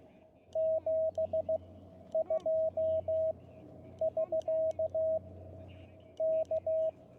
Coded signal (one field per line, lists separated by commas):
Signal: Morse code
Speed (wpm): 16 wpm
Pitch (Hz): 640 Hz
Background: radio noise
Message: 72 <SK> K